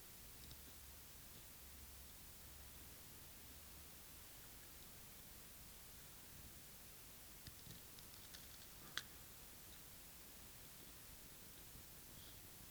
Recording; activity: daily activity, guitar pickup as the sensor; eat